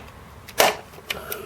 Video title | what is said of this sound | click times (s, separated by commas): Commodore C64 Case Repair Kit (Screw Mounts & Broken Clips) From Hey Birt! | you could hear that snap there | 0.6 s